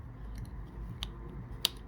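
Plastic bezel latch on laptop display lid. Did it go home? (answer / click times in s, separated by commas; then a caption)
released / 1.0 s, 1.6 s. On an HP Compaq 15-h051nf laptop, the plastic bezel latches on the display lid are pried open on the other side during an LCD screen replacement. Sharp clicks are heard at 1.0 s and 1.6 s over a low background, with faint ticks around 0.4 s. The latches click open and the bezel is released.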